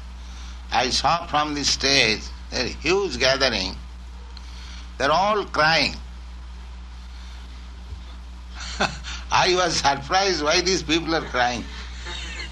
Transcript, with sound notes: I saw from the stage a huge gathering, they're all crying. [laughs]
I was surprised, "Why these people are crying?